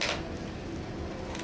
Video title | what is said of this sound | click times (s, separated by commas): Hoagies.wmv | up your container you want to hear it click | 1.4 s